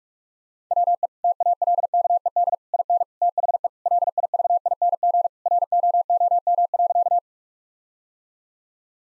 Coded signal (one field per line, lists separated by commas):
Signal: Morse code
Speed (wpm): 46 wpm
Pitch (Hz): 700 Hz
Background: none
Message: WE TALKED IN THE LIVING ROOM.